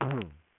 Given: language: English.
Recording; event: throat vibration sensor signal played as sound; throat clearing